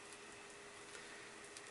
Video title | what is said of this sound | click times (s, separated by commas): LucidCatcher Review, Unboxing, & Device Tour (Lucid Dreaming Tech) | Click! Oh my god, did you hear it snap? Oh my god, yeah, wow, I heard it snap, wow. That was loud. | 1.6 s